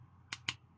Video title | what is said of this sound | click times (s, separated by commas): Blokees Wheels E01 Batmobiles - Part 1: BUILD | Do you hear a nice click? | 0.3 s, 0.5 s